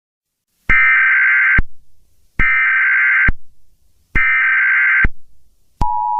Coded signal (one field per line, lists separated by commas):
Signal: Emergency Alert System (SAME) tones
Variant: header bursts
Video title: EAS- SCP-2845 "THE DEER" Alert for the State of Illinois